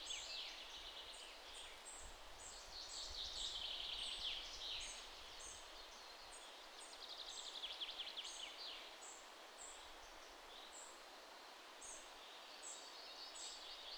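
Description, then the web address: Birds calling outdoors, with repeated short high chirps and a couple of fuller twittering bursts, over a soft outdoor hiss. European outdoor ambience with birds. "GDC 2017-Game Audio Bundle 3 maze - European Ambiances birds outside"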